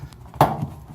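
A plastic drain/recirculation pump on a Maytag Neptune washer is worked out of its housing mount, and its retaining clip clicks free at 0.4 s with a sharp, bright snap. The pump is released. Softer handling ticks come before the click, and a low thud follows.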